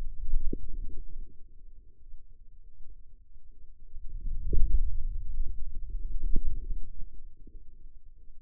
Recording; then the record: forearm muscle sounds (acoustic myography)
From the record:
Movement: hand closing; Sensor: system 2, bracelet of six BSWA MPA416 microphones around the upper forearm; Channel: 5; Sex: male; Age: 22 years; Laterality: right